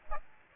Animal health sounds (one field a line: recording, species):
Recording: mosquito wingbeat signal from an infrared sensor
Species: Aedes aegypti